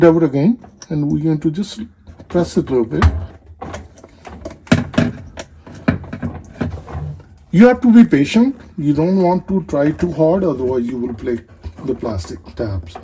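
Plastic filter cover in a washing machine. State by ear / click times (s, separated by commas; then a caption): released / 4.7 s, 5.9 s. Someone talks while gently pressing a plastic filter cover on a washing machine so its plastic tabs let go, releasing it to be opened and show the trapped dirt and hair. Little clicks are heard at 4.7 s and 5.9 s as the tabs release, among other short taps. The cover is released.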